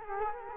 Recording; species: mosquito wingbeat signal from an infrared sensor; Culex quinquefasciatus